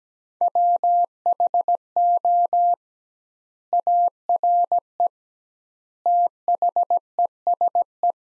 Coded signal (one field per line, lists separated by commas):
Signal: Morse code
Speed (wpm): 17 wpm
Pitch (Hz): 700 Hz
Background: none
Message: WHO ARE THESE